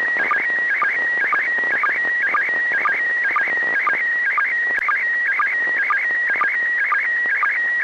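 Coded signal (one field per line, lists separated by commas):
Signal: SSTV (slow-scan television)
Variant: PD120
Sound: warbling, buzzy tone hovering around 1.9 kHz, with a low blip roughly twice per second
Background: radio static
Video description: Russian cosmonauts on the International Space Station (ISS) sent out Slow Scan TV images on 145.800 MHz FM using the SSTV mode PD-120.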